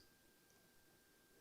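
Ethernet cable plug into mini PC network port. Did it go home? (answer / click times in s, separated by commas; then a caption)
no / none. A Cat 5 network cable's RJ45 plug is pushed into the Ethernet port of a Beelink SER6 PRO mini PC; the plug seats, but its latch tab does not lock, so the cable can be pulled straight out. Faint low background noise fills the clip until a brief, sharp sound at about 1.4 s. No latch has clicked.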